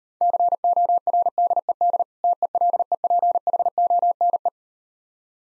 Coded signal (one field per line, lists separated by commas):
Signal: Morse code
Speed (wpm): 39 wpm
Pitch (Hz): 700 Hz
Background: none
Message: CORDED TELEPHONE